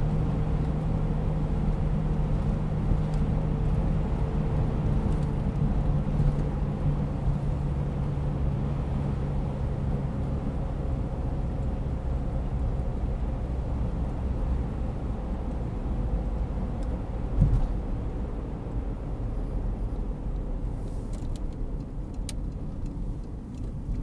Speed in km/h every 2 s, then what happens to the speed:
87, 86, 83, 80, 77, 75, 73, 70, 66, 58, 45, 36.
0-24 slows to 36.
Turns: none.